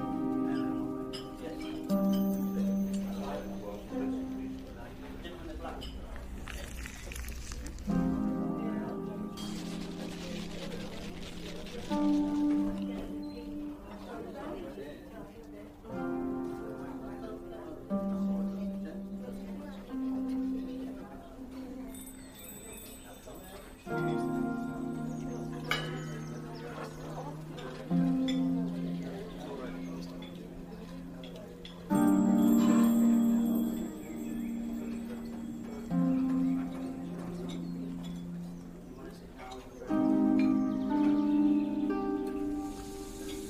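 Fantasy fairy cafe ambience of soft, steady music with sustained chords shifting every few seconds, faint tinkling chimes, and a low murmur beneath.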